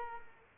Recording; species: mosquito wingbeat signal from an infrared sensor; Culex quinquefasciatus